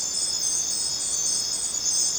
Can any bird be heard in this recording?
no